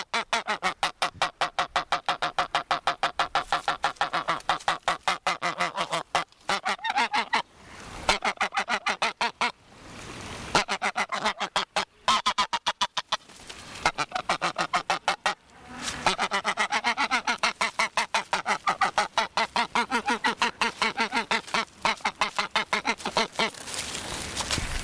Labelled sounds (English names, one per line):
Greylag Goose call